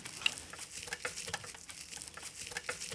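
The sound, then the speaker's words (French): Cane strands being woven into a chair seat: soft, dry rustling and scratchy crackles with irregular little ticks, continuous and fairly quiet, with no voices. “Ça, c'est le son du tissage pour le canage, quoi.”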